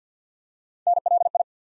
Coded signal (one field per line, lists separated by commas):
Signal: Morse code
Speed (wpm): 47 wpm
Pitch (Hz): 700 Hz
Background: none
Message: NLI